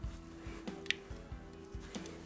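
While the mainspring barrel of a German Kienzle mantle clock is held, its top plate is turned clockwise and the barrel cap gives a sharp, bright click at 0.9 s as it locks in place. A fainter tick follows at 1.9 s over steady low tonal background sound, and the cap is seated.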